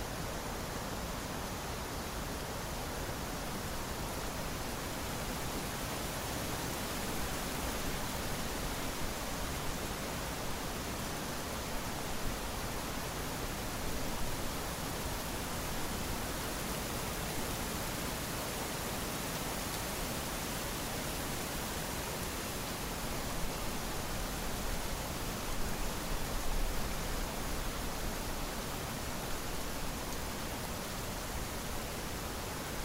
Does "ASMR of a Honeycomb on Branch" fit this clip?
no